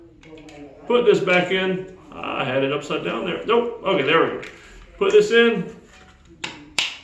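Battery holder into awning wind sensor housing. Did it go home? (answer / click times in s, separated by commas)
yes / 6.4 s, 6.8 s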